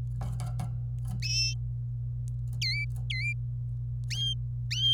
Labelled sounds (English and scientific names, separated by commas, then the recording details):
Domestic Canary (Serinus canaria) song
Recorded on 26 April 2018 at 09:51
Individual llb3